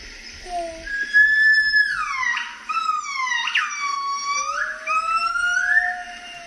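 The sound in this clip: Gibbon song: a few short low notes, then loud wailing calls that slide down and jump back up, over a lower tone rising steadily beneath them.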